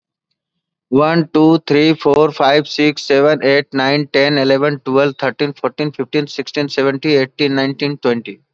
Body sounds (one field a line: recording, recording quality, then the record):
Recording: counting at a fast pace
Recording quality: excellent, no background noise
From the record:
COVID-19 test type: RT-PCR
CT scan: not taken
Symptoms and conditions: none ticked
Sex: male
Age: 31 years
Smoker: no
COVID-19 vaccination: both doses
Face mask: worn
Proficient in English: yes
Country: India